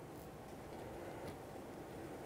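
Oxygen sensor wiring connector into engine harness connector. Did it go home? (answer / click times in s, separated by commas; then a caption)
no / none. A downstream oxygen sensor wiring connector on a 2006-2012 Ford Fusion 3.0L V6 is being lined up with the engine harness connector by reaching up inside the engine compartment, patiently, before it is pressed in. A steady, even, low rumbling noise runs through the clip with no distinct sudden sounds. Nothing has seated or clicked yet.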